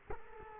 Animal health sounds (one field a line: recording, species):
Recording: mosquito wingbeat signal from an infrared sensor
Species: Culex quinquefasciatus